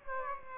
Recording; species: mosquito wingbeat signal from an infrared sensor; Aedes aegypti